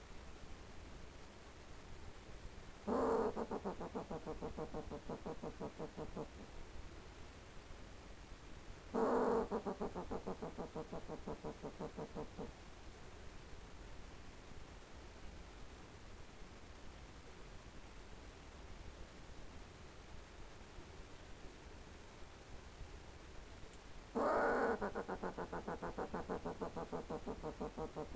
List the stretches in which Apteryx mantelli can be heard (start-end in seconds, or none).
none